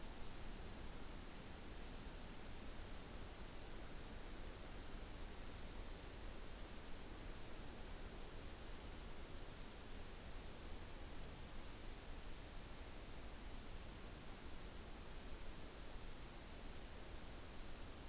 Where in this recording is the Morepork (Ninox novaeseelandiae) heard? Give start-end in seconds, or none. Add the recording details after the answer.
none. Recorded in New Zealand on 29 April 2014. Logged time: 02:19. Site Ponui